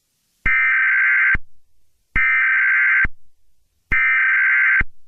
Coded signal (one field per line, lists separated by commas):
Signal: Emergency Alert System (SAME) tones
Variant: header bursts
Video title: Alien EAS